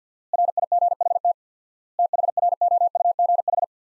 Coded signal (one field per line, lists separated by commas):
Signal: Morse code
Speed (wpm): 50 wpm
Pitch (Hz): 700 Hz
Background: none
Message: RIGHT THROUGH